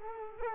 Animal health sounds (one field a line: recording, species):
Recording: mosquito wingbeat signal from an infrared sensor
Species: Culex quinquefasciatus